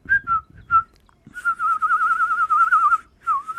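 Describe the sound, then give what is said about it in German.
A person whistles bird-like calls: a few short chirps, then a long warbling trill that wavers up and down in pitch, ending with a quick swooping note. The voice is imitating a bird. “Wenn ich draußen bin beim Birdwatching, drehe ich mein Ziegel an und mache selber.”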